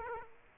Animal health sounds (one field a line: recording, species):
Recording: mosquito wingbeat signal from an infrared sensor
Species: Aedes aegypti